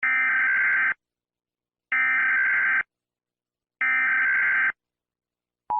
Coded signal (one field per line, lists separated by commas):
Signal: Emergency Alert System (SAME) tones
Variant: header bursts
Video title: All Of North America’s EAS Alarms